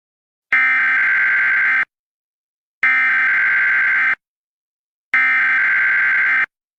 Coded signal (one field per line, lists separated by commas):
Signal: Emergency Alert System (SAME) tones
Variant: header bursts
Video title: ⚠️Dish Network EAS Alarm (Requested)⚠️